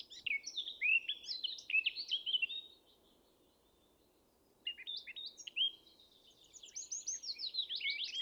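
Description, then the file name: Eurasian blackcap song: two rich, fast warbling phrases of varied whistled and chattering notes separated by a pause, over faint low background hiss. "Sylvia atricapilla"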